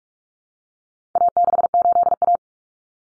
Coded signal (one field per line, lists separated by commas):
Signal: Morse code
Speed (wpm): 44 wpm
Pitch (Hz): 700 Hz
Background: none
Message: A68A